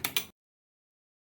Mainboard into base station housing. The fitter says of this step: you put down the mainboard properly the click sound can be heard there